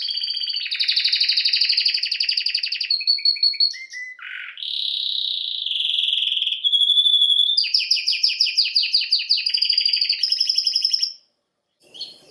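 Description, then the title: Domestic canary song, a stream of rapid rolled trills and pulsed tours, broken by a lower note, ending in brief silence. Male Belgian canary singing a lot; training to warm up a young bird. "Canary Training Esquente Seu Filhote E Canario Belga Macho Cantando Muito"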